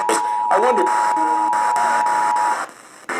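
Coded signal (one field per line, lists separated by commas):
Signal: Emergency Alert System (SAME) tones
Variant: 853 and 960 Hz attention tone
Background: speech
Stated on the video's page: Monthly EAS tests received via an EASyCAST unit.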